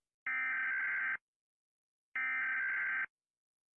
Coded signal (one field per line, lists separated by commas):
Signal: Emergency Alert System (SAME) tones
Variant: header bursts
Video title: Rating EAS Alerts// (TW, LOUD NOISES)